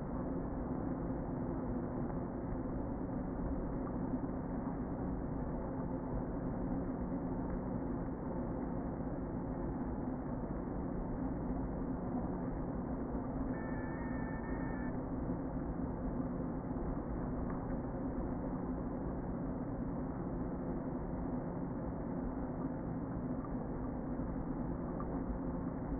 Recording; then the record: honeybee colony, microphone inside the hive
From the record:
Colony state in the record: queen present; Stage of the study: before two queens were removed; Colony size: about 60,000 bees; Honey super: yes